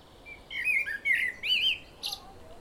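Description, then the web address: Common blackbird song phrase: rich, fluting whistled notes sliding up and down, finished by a brief high squeaky flourish. "pub SETE data Turdus merula"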